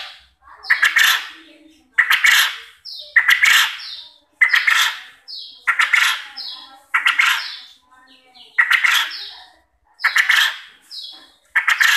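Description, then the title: Quail calls: a steady series of loud, harsh, stuttering bursts with short high squeaks among them. Used as a lure to make quail answer and call lively. "Burung Puyuh Mana Yang Tidak Nyaut Dan Gacor Dengan Pancingan Ini"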